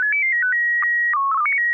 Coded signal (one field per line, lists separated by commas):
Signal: SSTV (slow-scan television)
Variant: PD 120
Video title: N6NA SSTV Net - 12/31/2025